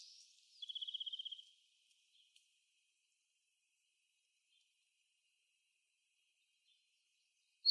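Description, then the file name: Black-throated gray warbler song: a fast, even string of buzzy high notes lasting under a second, then near silence apart from a short sharp note at the end. Recorded in Arizona on 17 April 2004. "BTYW 6 deviche"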